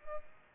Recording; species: mosquito wingbeat signal from an infrared sensor; Culex pipiens